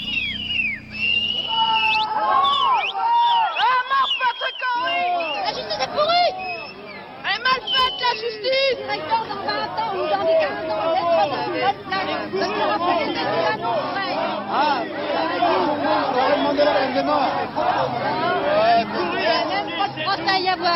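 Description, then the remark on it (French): An angry crowd shouts cries of rage outside the courthouse in Troyes, many voices yelling and overlapping in a loud, continuous uproar with sharp, rising cries, briefly dipping before surging again. “Mais devant le palais de justice, ce sont des cris de rage qui se font entendre, cette haine qui ressurgit à Troyes, comme il y a un an.”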